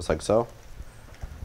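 Someone talks briefly as a carbon-fiber arm of a Yuneec Typhoon H hexacopter drone is handled and folded up toward its hinge lock on the drone body. Only soft, low handling noises follow. The arm has not yet snapped into its locked position, and nothing has clicked or seated.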